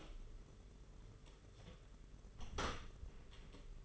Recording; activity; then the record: daily activity, microphone in the room; close door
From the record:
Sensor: 4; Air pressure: 992.4 hPa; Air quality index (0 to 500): 114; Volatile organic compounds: 22 ppm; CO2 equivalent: 2740 ppm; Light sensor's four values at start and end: 20/71/26/27 and 21/73/26/28